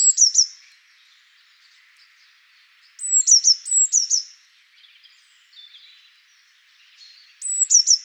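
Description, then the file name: Eurasian blue tit calls: high, thin notes in short bursts of three or four, repeated every few seconds with quiet gaps between. "Cyanistes caeruleus"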